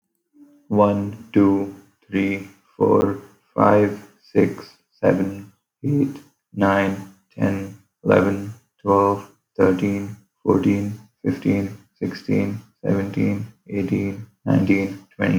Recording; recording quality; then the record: counting at a normal pace; excellent, no background noise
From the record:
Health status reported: healthy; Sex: male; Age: 20 years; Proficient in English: yes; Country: India